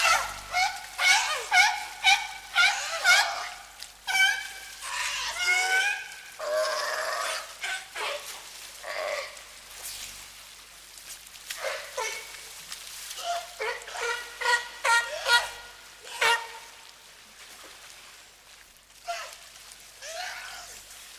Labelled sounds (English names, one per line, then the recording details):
California Sea Lion call
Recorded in captivity
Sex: group
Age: diverse
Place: Tiergarten Nürnberg, Bayern, DE
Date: 1998-11-13
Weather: overcast, ca. 2 to 3°C
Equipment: Sony MD-WM MZ-R3, Sennheiser MKH 416 T, Kopie Uher 4000 Report Monitor
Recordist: Tembrock, Günter